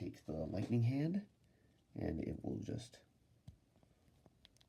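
A plastic lightning-effect swappable hand is handled at the wrist peg of a Star Wars The Black Series Emperor Palpatine action figure while someone talks. A few faint plastic ticks follow in the quiet near the end. Nothing has seated or clicked into place yet.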